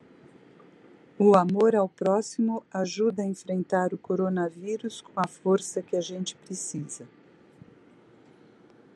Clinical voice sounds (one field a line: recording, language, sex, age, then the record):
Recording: spoken sentence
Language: Brazilian Portuguese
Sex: female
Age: 60 to 69 years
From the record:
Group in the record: control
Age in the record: 65 years